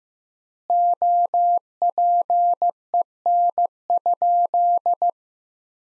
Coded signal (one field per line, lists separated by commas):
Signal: Morse code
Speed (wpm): 15 wpm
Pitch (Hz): 700 Hz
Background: none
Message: OPEN?